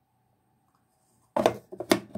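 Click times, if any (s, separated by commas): 1.4 s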